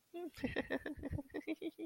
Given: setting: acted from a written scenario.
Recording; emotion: vocal sound without words; embarrassment